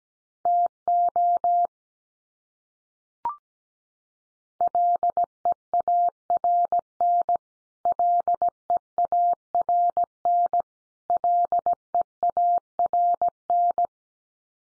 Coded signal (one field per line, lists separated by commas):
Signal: Morse code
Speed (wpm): 17 wpm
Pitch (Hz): 700 Hz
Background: none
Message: TO LEARN LEARN LEARN